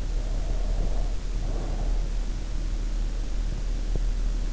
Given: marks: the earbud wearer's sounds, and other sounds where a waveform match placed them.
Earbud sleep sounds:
sounds in sleep by an in-ear microphone; breath
0.05-2.15 s: breath

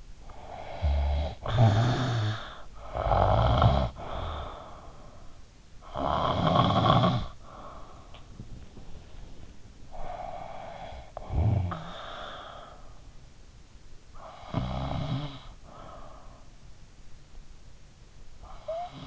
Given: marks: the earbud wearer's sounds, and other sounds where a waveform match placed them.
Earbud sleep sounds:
sounds in sleep by an in-ear microphone; snoring breath
0.00-19.07 s: snoring breath

